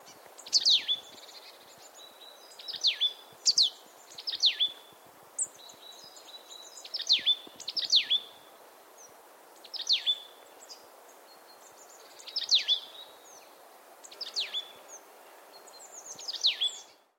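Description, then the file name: Marsh tit calls: sharp high chirps given singly or in quick pairs every one to two seconds over a steady low hiss of background noise. "Poecile palustris"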